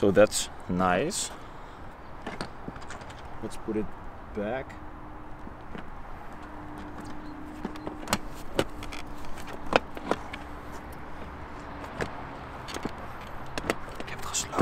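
Someone talks while a seat is put back onto a Yamaha MT-10 motorcycle, with keys jangling and brief sharp handling knocks over a steady low hum. The clip ends before the seat goes home, so nothing has seated or clicked into the seat lock yet.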